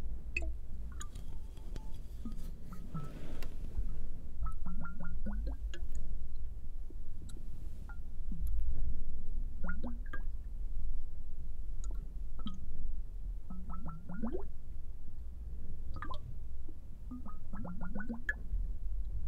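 Water drops fall in quick little runs, bright ticking plinks that come in bursts every couple of seconds, often four or five in a row. Beneath them a low, steady rumble and soft wet squishing sounds continue throughout.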